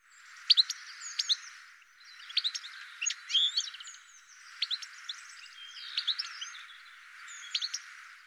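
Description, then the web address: Bird calls in several short bursts of sharp, high chirps and rapid twittering notes over a steady background hiss. "cianscape birddata"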